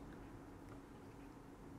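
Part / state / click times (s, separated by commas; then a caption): crimped pin terminal into a PSU cable connector housing / not seated / none. A crimped metal pin terminal on a DIY PSU extension cable is handled at the plastic connector housing, with only a steady low hum and faint handling noise heard. Nothing has seated or clicked yet.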